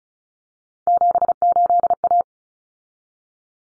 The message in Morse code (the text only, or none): 78A